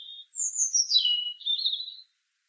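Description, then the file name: European robin singing: a brief steady note, then a thin, very high note sliding steeply down, followed by a wavering warble, then silence. "Erithacus rubecula"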